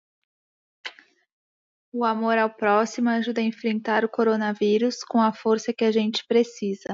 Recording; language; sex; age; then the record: spoken sentence; Brazilian Portuguese; female; 20 to 29 years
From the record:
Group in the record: control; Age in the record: 28 years